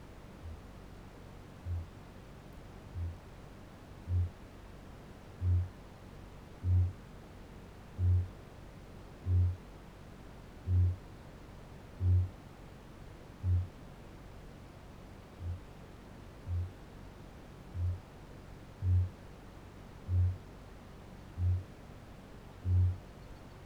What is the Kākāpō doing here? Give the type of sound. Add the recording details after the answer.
boom. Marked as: faintness 5/5, faintness 3/5, faintness 2/5. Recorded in New Zealand. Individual Barnard